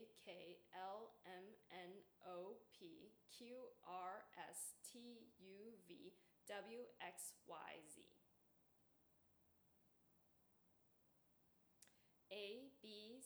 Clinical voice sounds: letters of the alphabet, spoken; free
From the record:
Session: seven days later

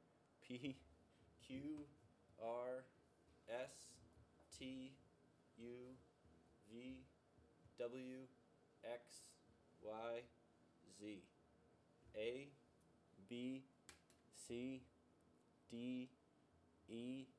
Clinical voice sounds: letters of the alphabet, spoken; free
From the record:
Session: seven days later

